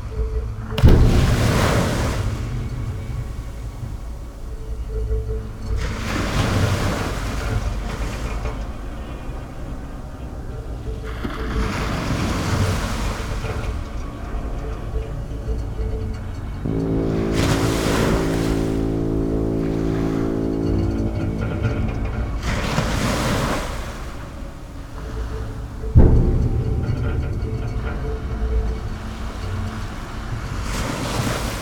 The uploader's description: recordings from the sea, bottle banks & breaking glass